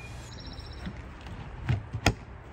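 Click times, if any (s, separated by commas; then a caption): 2.1 s. The latching handle on the lid of an ICECO JP40 portable fridge is closed onto the fridge body, with softer handling knocks around 0.9 s and 1.7 s. A sharp, loud click at 2.1 s shows the lid has latched shut, closed and sealed.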